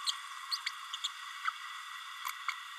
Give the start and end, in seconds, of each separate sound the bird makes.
0.06-0.11, 0.51-0.56, 1.04-1.08, 1.44-1.50